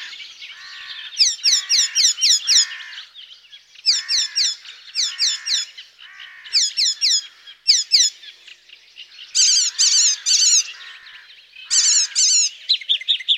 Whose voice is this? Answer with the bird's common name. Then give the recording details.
Icterine Warbler. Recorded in the wild. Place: Flögelner See, Schleswig-Holstein, DE. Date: 2007-06-05. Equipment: MiniDisc Sharp MT 20 H. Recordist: Schwarz, Dieter. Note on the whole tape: Song